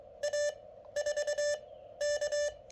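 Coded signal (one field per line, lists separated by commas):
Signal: Morse code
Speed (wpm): 21 wpm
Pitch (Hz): 600 Hz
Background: none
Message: A 4 K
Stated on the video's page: Park activation in CW with QRPLabs QMX, paddle, JPC7 dipole, solar battery.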